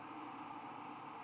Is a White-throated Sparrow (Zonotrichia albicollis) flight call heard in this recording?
no